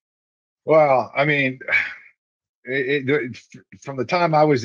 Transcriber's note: sighs